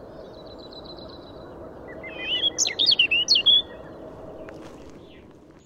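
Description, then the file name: European robin singing: a faint high trill followed by one short phrase of sharp, liquid, rapidly changing notes, then quiet. "Erithacus rubecula"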